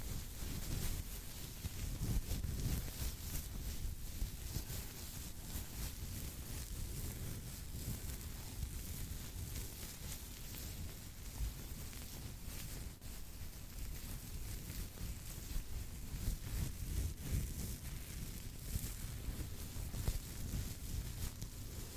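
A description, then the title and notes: Scalp massage with continuous rubbing and scratching, a low muffled rumble under dense crackly brushing strokes that swell and fade irregularly throughout. ASMR Scalp Massage.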